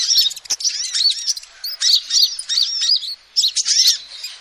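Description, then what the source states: Lovebirds giving shrill chirps and squeaky arched notes in uneven bursts separated by brief gaps, with a sharp click near the start. Used as a lure call to trap lovebirds.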